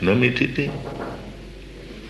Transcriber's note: knock on the door as devotee enters with prasādam